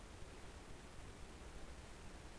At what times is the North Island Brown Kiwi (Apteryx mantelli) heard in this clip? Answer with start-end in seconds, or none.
none